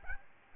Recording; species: mosquito wingbeat signal from an infrared sensor; Aedes albopictus